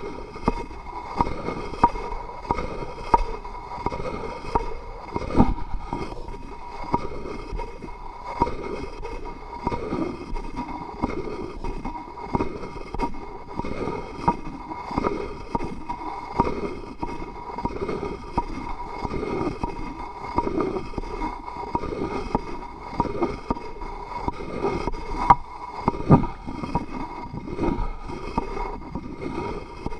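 Tapping and rubbing sounds run continuously for the whole stretch, a dense, busy clatter of small knocks over a rumbling low bed. The texture stays steady with no pauses, and a faint high ringing tone sits beneath it, like rattling machinery.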